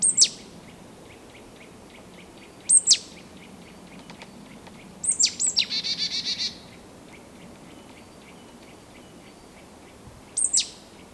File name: Poecile palustris